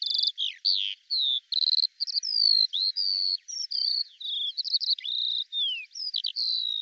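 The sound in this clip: Bird song with a continuous run of high whistled notes, slurred downward or upward, interspersed with short buzzy chirps and trills.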